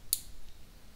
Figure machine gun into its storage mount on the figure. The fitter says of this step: and snaps right into place this is the method of storage